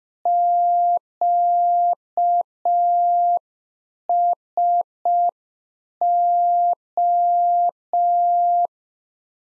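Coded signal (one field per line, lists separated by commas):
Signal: Morse code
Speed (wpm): 5 wpm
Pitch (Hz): 700 Hz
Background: none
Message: QSO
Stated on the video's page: Practice QSO ending segment (pleasantries, 73) sent at 5 wpm for head-copy drill, sent in Morse, spoken, then sent again.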